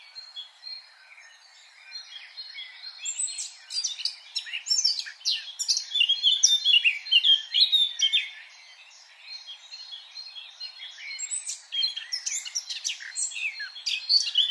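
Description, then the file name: Eurasian blackcap song, soft at first, then a long run of busy, scratchy warbling with sharp clicks and brighter whistled notes, a pause, then more warbling. "Sylvia atricapilla"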